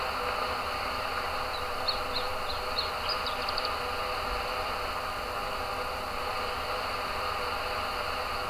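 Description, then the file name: Iberian chiffchaff song: a few spaced high notes building into a quick run of identical notes, heard over a constant broad hiss and rumble. "Iberian Zilpzalp Kai Kruse"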